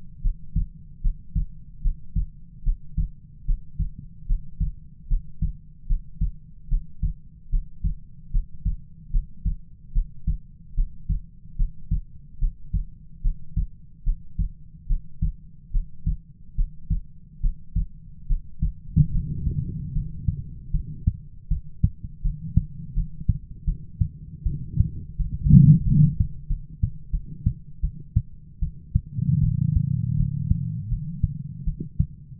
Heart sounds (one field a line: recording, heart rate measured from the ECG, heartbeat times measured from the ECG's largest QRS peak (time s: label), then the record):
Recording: heart sounds by stethoscope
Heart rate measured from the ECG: 76 bpm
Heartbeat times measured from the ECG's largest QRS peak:
0.22 s: heartbeat
1.02 s: heartbeat
1.82 s: heartbeat
2.64 s: heartbeat
3.46 s: heartbeat
4.27 s: heartbeat
5.08 s: heartbeat
5.87 s: heartbeat
6.69 s: heartbeat
7.50 s: heartbeat
8.31 s: heartbeat
9.11 s: heartbeat
9.93 s: heartbeat
10.75 s: heartbeat
11.57 s: heartbeat
12.39 s: heartbeat
13.22 s: heartbeat
14.04 s: heartbeat
14.87 s: heartbeat
15.72 s: heartbeat
16.55 s: heartbeat
17.41 s: heartbeat
18.27 s: heartbeat
19.11 s: heartbeat
19.93 s: heartbeat
20.72 s: heartbeat
21.49 s: heartbeat
22.22 s: heartbeat
22.94 s: heartbeat
23.65 s: heartbeat
24.44 s: heartbeat
25.18 s: heartbeat
25.85 s: heartbeat
26.48 s: heartbeat
27.11 s: heartbeat
27.81 s: heartbeat
28.60 s: heartbeat
29.41 s: heartbeat
30.17 s: heartbeat
30.89 s: heartbeat
31.65 s: heartbeat
From the record:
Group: healthy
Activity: breath hold 0-21 s, rest 21-32 s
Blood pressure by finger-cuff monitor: 133/82 mmHg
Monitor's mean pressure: 102 mmHg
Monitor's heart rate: 74 bpm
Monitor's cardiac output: 6.8 L/min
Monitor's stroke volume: 91 mL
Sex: female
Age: 22 years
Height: 161 cm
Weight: 65.5 kg